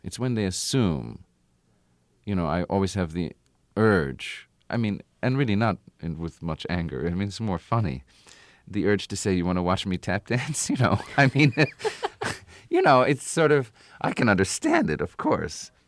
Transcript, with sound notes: It's when they assume. You know, I always have the urge - I mean, and really not with much anger. I mean, it's more funny - the urge to say, you want to watch me tap dance, you know?
(Laughter).
I mean, you know, it's sort of - I can understand it, of course.